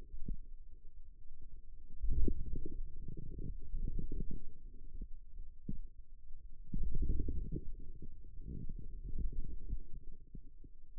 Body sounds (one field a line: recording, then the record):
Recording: forearm muscle sounds (acoustic myography)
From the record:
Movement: wrist extension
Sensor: system 2, bracelet of six BSWA MPA416 microphones around the upper forearm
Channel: 6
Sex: male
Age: 22 years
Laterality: right